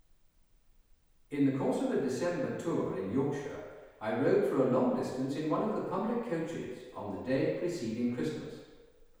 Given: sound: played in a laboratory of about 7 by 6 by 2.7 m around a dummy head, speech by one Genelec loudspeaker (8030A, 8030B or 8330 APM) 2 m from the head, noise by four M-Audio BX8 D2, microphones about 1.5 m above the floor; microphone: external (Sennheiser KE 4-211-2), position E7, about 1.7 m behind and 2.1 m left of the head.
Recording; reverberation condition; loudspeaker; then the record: male speech in English; high; 90 degrees to the right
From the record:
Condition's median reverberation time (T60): about 1300 ms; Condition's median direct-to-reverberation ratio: about -4.0 dB